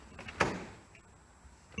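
A shuttle bus front entry door fitted with a new locking handle is swung shut to test whether the latch catches. A few faint knocks lead into a sharp latch click at 0.4 s that rings out briefly, followed by a soft tick near the end. The latch catches and the door is seated.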